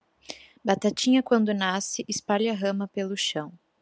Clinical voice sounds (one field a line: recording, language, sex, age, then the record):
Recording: short text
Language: Brazilian Portuguese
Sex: female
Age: 20 to 29 years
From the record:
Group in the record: control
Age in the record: 25 years